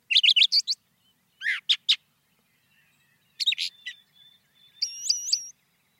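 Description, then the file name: Brown thrasher singing a sequence of different short phrases separated by brief silences. "suara-kicauan-brown-thrasher 2-omkicau"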